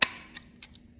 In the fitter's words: there you go you can hear that one pop into place